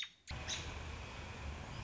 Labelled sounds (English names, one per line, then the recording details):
American Robin
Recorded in Sonoma County, California